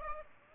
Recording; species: mosquito wingbeat signal from an infrared sensor; Aedes aegypti